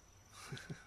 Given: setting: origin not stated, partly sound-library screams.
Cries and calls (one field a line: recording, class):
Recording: one-second piece from a danger detection set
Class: normal situation